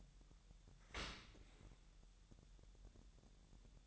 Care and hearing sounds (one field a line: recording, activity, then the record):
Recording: daily activity, microphone in the room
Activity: open dishwasher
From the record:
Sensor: 3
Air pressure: 1000.4 hPa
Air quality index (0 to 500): 248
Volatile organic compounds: 174 ppm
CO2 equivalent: 4121 ppm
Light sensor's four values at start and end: 10/24/10/10 and 10/24/10/9